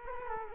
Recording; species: mosquito wingbeat signal from an infrared sensor; Culex quinquefasciatus